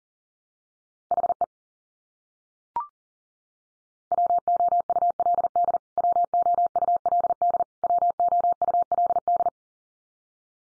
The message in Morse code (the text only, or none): HE WOULD WOULD WOULD